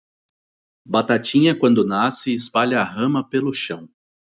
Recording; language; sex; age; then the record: short text; Brazilian Portuguese; male; 30 to 39 years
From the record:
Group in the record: control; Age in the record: 33 years